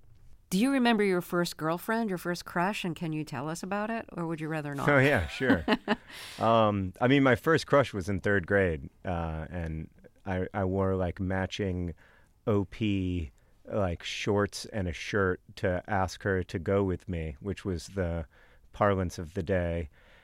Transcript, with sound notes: Do you remember your first girlfriend, your first crush, and can you tell us about it? Or would you rather not?
Yeah. Sure.
(Laughter).
I mean, my first crush was in third grade. And I wore, like, matching OP, like, shorts and a shirt to ask her to go with me, which was the parlance of the day.